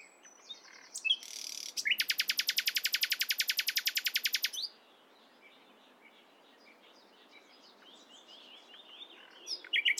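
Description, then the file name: Common nightingale song opening with a few sharp notes into a long loud rapid rattle, followed by softer scattered high chirps. "Luscinia megarhynchos"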